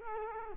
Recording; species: mosquito wingbeat signal from an infrared sensor; Culex quinquefasciatus